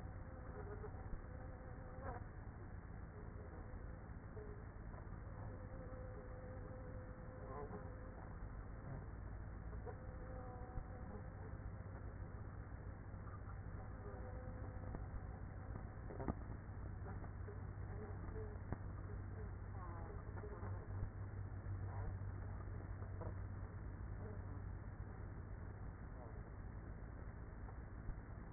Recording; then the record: honeybee colony, microphone inside the hive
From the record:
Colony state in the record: queenless with a low population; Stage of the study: after two queens were removed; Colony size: about 30,000 bees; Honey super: no